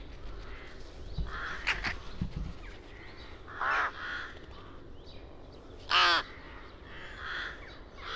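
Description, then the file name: Rook cawing irregularly, a few raspy caws standing out among other caws and soft background noise. "Rook - Corvus frugilegus KOVAS"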